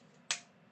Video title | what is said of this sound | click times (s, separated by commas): Live 23JAN Quilting with the Gammill | And you heard that snap. That snap tells me it is in and it is good. | 0.3 s